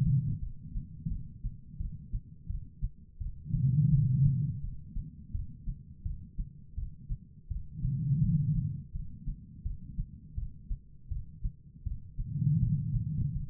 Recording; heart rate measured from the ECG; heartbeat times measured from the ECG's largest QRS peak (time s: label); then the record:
heart sounds by stethoscope; 84 bpm
0.40 s: heartbeat
1.09 s: heartbeat
1.78 s: heartbeat
2.48 s: heartbeat
3.19 s: heartbeat
3.90 s: heartbeat
4.62 s: heartbeat
5.32 s: heartbeat
6.04 s: heartbeat
6.76 s: heartbeat
7.49 s: heartbeat
8.21 s: heartbeat
8.93 s: heartbeat
9.64 s: heartbeat
10.36 s: heartbeat
11.09 s: heartbeat
11.84 s: heartbeat
12.60 s: heartbeat
13.33 s: heartbeat
From the record:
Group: healthy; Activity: rest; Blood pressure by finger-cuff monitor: 118/95 mmHg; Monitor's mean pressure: 106 mmHg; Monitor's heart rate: 84 bpm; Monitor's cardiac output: 4.8 L/min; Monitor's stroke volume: 57 mL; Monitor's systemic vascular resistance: 1650 dyn s/cm5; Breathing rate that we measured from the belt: 14 breaths a minute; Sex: female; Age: 51 years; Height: 162 cm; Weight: 70.04 kg